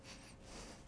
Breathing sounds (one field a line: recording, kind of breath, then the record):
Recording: one breath in and out by a microphone near the nose and mouth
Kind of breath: strong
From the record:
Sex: male